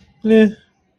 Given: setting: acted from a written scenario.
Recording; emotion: vocal sound without words; neutral